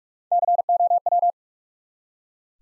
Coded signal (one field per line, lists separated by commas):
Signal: Morse code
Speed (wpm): 44 wpm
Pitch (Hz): 700 Hz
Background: none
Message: COW